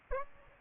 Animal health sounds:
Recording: mosquito wingbeat signal from an infrared sensor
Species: Aedes albopictus

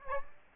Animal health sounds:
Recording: mosquito wingbeat signal from an infrared sensor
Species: Aedes aegypti

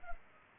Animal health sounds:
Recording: mosquito wingbeat signal from an infrared sensor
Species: Culex pipiens

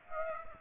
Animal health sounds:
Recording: mosquito wingbeat signal from an infrared sensor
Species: Aedes aegypti

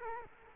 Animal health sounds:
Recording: mosquito wingbeat signal from an infrared sensor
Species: Culex quinquefasciatus

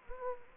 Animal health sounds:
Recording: mosquito wingbeat signal from an infrared sensor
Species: Anopheles gambiae

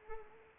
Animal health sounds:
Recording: mosquito wingbeat signal from an infrared sensor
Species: Culex pipiens

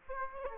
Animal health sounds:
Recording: mosquito wingbeat signal from an infrared sensor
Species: Aedes aegypti

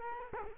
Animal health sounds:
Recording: mosquito wingbeat signal from an infrared sensor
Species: Culex quinquefasciatus

